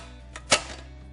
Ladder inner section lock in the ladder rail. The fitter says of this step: locks in place.